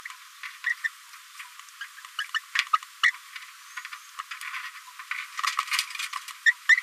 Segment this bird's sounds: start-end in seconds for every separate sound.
0.43-0.50, 0.64-0.74, 0.84-0.89, 1.40-1.44, 1.81-1.85, 2.18-2.25, 2.34-2.40, 2.54-2.67, 2.73-2.77, 3.77-3.80, 3.92-3.95, 4.19-4.21, 4.30-4.33, 5.72-5.82, 6.45-6.53, 6.69-6.81